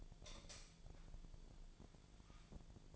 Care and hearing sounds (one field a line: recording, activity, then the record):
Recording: daily activity, microphone in the room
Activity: light off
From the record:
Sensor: 5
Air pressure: 1009.9 hPa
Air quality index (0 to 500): 158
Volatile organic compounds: 4 ppm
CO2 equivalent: 1537 ppm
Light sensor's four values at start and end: 155/396/165/176 and 155/394/164/175